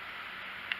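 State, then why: Not seated. A small throttle/choke linkage part on a Stihl chainsaw carburetor is lined up and pressed toward place with a screwdriver, over a steady broadband hiss with a brief sharp tick near 0.7 s. Nothing has seated or clicked into place yet.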